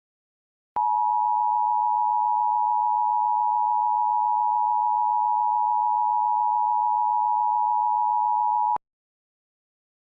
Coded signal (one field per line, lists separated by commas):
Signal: Emergency Alert System (SAME) tones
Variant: 853 and 960 Hz attention tone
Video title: EAS Scenario: Cartoon Cat